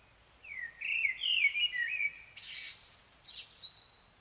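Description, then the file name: Common blackbird song: a rich whistled warble of several notes, then high thin squeaks and a scratchy twittering finish. "Turdus merula"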